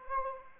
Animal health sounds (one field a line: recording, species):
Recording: mosquito wingbeat signal from an infrared sensor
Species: Anopheles arabiensis